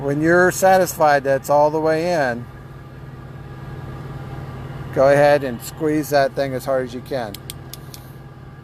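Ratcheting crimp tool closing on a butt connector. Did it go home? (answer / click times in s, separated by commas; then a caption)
yes / 7.7 s, 7.9 s. Someone talks while a ratcheting crimping tool is squeezed hard onto a heat-shrink butt connector on 12 V wire. The ratchet pawl clicks at 7.7 s and 7.9 s as the jaws close, and the tool releases at full compression.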